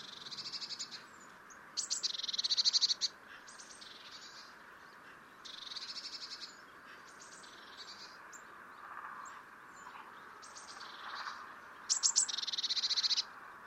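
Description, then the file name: Eurasian blue tit giving repeated buzzy churring rattles interspersed with sharp high notes, over steady background noise. "Cyanistes caeruleus"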